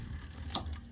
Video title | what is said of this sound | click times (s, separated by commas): How to Change the Fuel Filter on a 1997-2003 Ford F-150 - Easy DIY Step-by-Step Guide | See if you can hear this front one snap. | 0.5 s